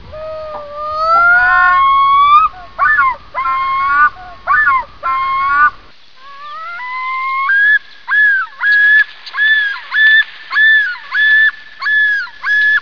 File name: Common loon yodels